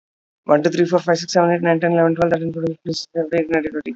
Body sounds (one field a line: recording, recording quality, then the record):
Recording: counting at a fast pace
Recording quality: excellent, no background noise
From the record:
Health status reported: healthy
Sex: male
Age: 35 years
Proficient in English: yes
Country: India